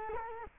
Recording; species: mosquito wingbeat signal from an infrared sensor; Culex quinquefasciatus